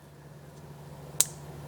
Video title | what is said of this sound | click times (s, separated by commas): How to install a hybrid water heater by A.O. Smith Signature 900 | there clicked into place and now we're good | 1.2 s